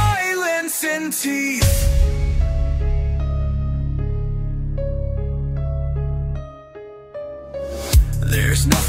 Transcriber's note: empty, slow, breathless